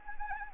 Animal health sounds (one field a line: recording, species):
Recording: mosquito wingbeat signal from an infrared sensor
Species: Anopheles arabiensis